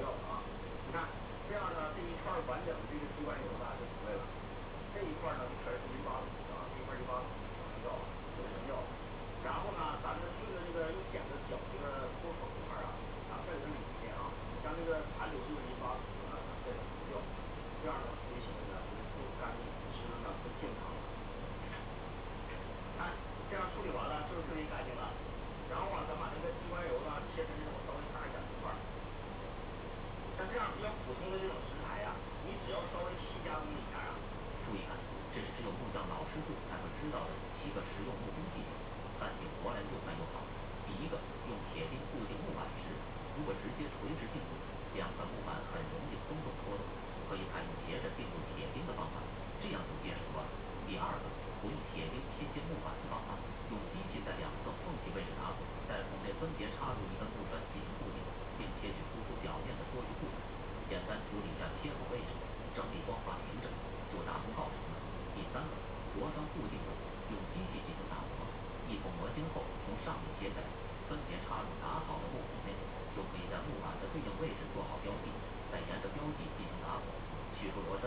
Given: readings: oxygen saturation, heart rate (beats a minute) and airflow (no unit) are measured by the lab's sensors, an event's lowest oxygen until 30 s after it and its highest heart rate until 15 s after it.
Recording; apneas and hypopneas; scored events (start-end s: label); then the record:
a person awake in a sleep study, by a voice recorder at the bedside; none
0.00-78.07 s: awake
From the record:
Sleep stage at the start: awake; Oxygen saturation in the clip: 92 to 93%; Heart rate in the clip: 62 to 68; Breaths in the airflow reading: 26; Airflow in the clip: -6.2 to 5.2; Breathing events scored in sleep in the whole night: 476 in 9.7 hours asleep